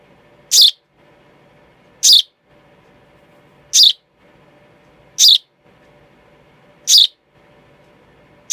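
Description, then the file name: Young sparrow making sharp, high chirps every second or two, each a brief bright burst, with a faint steady low hum between them. Young bird. "baby sparrow sound"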